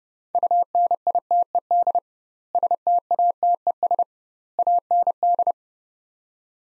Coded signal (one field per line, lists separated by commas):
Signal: Morse code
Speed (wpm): 30 wpm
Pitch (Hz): 700 Hz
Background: none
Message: UNITED STATES AND